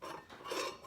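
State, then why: Not seated. A metal channel nut is handled at the open face of steel strut channel, being turned toward its quarter-turn lock against the channel lips. Scraping and rubbing metal is heard throughout. Nothing has seated or locked yet.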